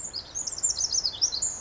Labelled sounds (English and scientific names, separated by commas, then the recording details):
Pacific Wren (Troglodytes pacificus)
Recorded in Sonoma County, California